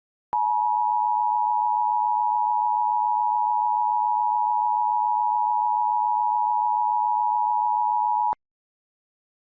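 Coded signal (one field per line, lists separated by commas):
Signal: Emergency Alert System (SAME) tones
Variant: 853 and 960 Hz attention tone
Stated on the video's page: Fictional EAS scenario about a Diablo Canyon nuclear plant meltdown.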